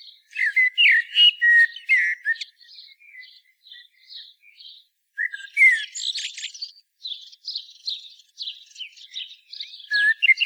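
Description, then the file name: Common blackbird song: mellow warbled phrases with squeaky twittering endings, delivered in bursts with short pauses, the loudest phrases near the start and again after the middle. "Turdus merula"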